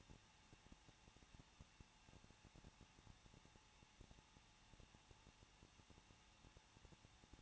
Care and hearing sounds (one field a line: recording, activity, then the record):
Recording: daily activity, microphone in the room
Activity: no activity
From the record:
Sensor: 1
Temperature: 20.1 degrees Celsius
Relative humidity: 39.1%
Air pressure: 1006.3 hPa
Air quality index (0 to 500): 217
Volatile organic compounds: 76 ppm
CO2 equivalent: 3570 ppm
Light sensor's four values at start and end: 1/2/1/1 and 1/2/1/1